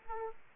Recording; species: mosquito wingbeat signal from an infrared sensor; Aedes aegypti